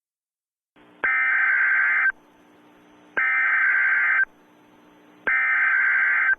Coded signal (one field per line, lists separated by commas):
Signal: Emergency Alert System (SAME) tones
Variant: header bursts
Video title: EAS in Movies: "Battle: Los Angeles"